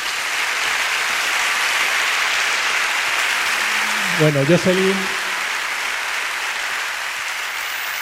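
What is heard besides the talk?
audience applause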